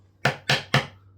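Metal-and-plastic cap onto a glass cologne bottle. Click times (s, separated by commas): 0.7 s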